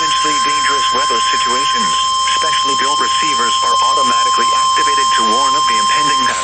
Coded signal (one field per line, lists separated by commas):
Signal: Emergency Alert System (SAME) tones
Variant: 1050 Hz attention tone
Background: speech